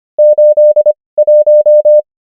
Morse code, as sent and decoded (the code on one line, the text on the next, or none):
---.. .----
81